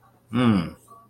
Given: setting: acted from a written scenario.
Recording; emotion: vocal sound without words; neutral